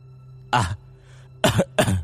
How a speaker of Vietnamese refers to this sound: Tiêu Tam Đạt bỏ dậy, dường như khí quản của ông ta bị thương, phải cúi xuống ho khủng khục không ngừng.